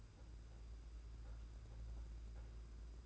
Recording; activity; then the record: daily activity, microphone in the room; take from stove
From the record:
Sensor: 2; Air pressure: 991.9 hPa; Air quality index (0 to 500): 234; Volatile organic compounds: 1000 ppm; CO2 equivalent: 7861 ppm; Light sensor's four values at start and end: 17/56/21/20 and 17/56/21/20